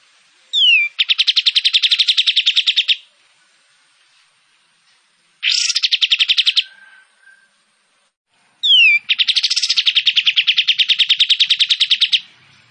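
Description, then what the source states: Kapas tembak song: three phrases, each opening with a short falling whistle or sharp onset and running into a fast, buzzy trill, separated by pauses. Kapas tembak in full song (gacor), with 'tembakan' shots and long 'besetan' phrases; clear audio meant for training Oriental magpie-robins to copy.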